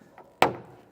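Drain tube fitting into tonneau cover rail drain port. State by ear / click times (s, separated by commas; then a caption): seated / 0.4 s. A plastic drain tube fitting, with its shape lined up and its foam washer in place, is pushed into the drain port on the rail of a Pace Edwards JackRabbit retractable hard tonneau cover on a 2022 Ram 2500. A faint tap at about 0.2 s is followed by a loud, sharp click at 0.4 s that fades over the next half second. The fitting clicks into place and is fully seated.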